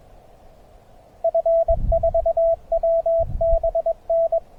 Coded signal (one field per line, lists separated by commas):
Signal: Morse code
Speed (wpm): 23 wpm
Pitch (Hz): 590 Hz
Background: radio noise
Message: F4WBN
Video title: Höchstein OE/ST-334, SOTA Hike n Fly, August 21st 2023